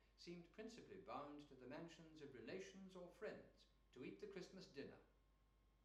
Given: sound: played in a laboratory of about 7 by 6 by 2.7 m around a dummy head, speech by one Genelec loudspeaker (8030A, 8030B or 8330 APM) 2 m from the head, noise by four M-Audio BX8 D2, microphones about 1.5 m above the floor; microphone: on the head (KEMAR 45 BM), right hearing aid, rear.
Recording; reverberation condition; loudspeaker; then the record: male speech in English; medium; 60 degrees to the right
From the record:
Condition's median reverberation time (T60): about 510 ms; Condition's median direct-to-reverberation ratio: about -0.5 dB